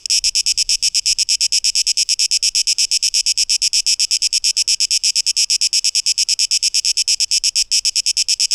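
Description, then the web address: Cicada song of shrill, rasping pulses repeated rapidly and evenly, with a single brief dip near the end. Cicadas, 12 August 2023, tape echo mix. "rauschpartikel Audio 2023-08-12 Zikaden"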